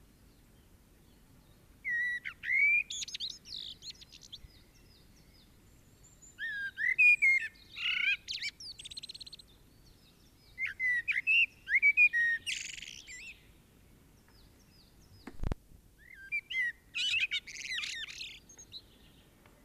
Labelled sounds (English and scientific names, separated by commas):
Common Blackbird (Turdus merula) song